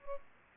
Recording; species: mosquito wingbeat signal from an infrared sensor; Aedes albopictus